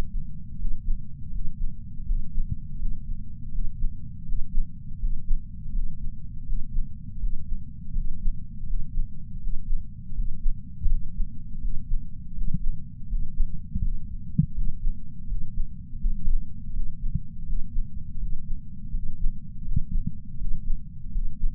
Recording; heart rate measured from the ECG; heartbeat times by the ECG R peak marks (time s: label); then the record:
heart sounds by patch sensor on the chest; 82 bpm
0.57 s: heartbeat
1.30 s: heartbeat
2.04 s: heartbeat
2.77 s: heartbeat
3.51 s: heartbeat
4.24 s: heartbeat
4.98 s: heartbeat
5.71 s: heartbeat
6.45 s: heartbeat
7.18 s: heartbeat
7.92 s: heartbeat
8.66 s: heartbeat
9.39 s: heartbeat
10.13 s: heartbeat
10.87 s: heartbeat
11.60 s: heartbeat
12.33 s: heartbeat
13.07 s: heartbeat
13.80 s: heartbeat
14.53 s: heartbeat
15.26 s: heartbeat
15.99 s: heartbeat
16.71 s: heartbeat
17.45 s: heartbeat
18.18 s: heartbeat
18.91 s: heartbeat
19.64 s: heartbeat
20.37 s: heartbeat
21.10 s: heartbeat
From the record:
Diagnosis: coronary artery disease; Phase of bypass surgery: postoperative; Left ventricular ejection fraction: 59.1%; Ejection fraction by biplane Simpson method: 55%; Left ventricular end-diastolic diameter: 46 mm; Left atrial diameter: 34 mm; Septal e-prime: 8 cm/s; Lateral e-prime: 6.5 cm/s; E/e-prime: 8.7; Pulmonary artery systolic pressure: 22 mmHg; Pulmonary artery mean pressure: 11 mmHg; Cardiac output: 4.38 L/min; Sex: male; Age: 58 years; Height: 160 cm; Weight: 70 kg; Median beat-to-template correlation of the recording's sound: 0.85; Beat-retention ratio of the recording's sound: 0.99